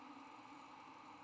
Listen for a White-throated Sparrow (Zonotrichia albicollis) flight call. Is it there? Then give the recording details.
no. No flight call is heard. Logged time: 22:48 on 16 November 2014